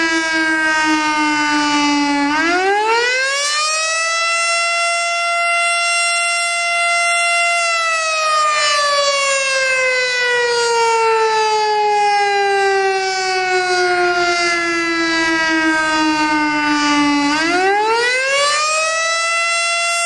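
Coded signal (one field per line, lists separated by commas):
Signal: siren signal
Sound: loud harmonic siren winding up, slowly falling over fifteen seconds, then winding up again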